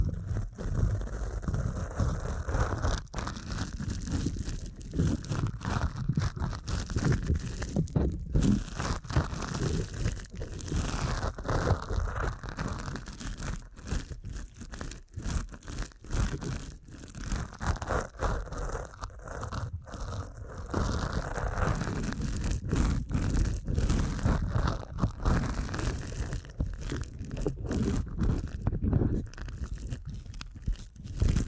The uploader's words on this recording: ASMR Deep Ear Canal Massage for Sleep (No Talking).